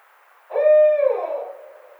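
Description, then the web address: Barred owl giving a single deep hoot that holds steady, then slurs downward and fades into a drawn-out tail. Recorded on 29 May 2009. "Barred Owl 2009 05 29"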